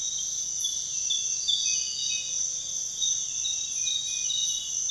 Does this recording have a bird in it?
no